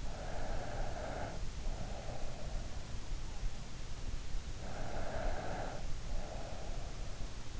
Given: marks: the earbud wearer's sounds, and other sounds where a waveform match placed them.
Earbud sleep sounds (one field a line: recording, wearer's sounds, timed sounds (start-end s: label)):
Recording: sounds in sleep by an in-ear microphone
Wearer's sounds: breath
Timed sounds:
0.00-2.60 s: breath
4.65-6.99 s: breath